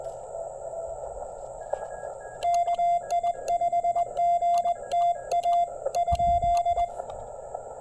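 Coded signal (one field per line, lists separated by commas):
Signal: Morse code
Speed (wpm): 21 wpm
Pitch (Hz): 2100 Hz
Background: radio noise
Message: KI5GTA ?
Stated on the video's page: QRP CW Parks on the Air activation on Labor Day weekend working DX, using an Elecraft K1 and Begali Traveler key into a 49:1 EFHW antenna with 40m wire.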